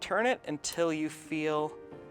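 Someone talks while an interchangeable bowling thumb inner, a plastic sleeve dropped into the freshly drilled thumb hole of a bowling ball, is being turned with a pair of pliers so its two locking tabs can lock into place. The clip ends before the part goes home, so nothing has seated or clicked yet.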